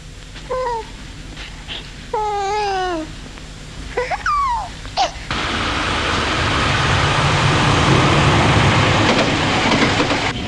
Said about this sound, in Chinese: 在回家的地铁上